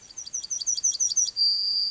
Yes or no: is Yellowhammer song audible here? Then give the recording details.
yes. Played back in grassland. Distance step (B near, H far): C. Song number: 146